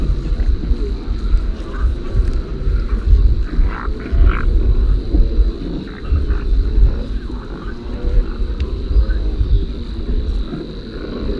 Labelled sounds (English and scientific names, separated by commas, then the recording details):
Great White Pelican (Pelecanus onocrotalus) call
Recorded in the wild
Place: Tulcea, Rosca Buhaiova, Dobrogea, RO
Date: 1973-04-26
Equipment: Nagra III BH, Sennheiser MD 21, parabola
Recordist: Schubert, Michael